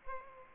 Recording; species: mosquito wingbeat signal from an infrared sensor; Aedes aegypti